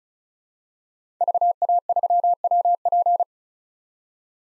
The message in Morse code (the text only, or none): VA3WP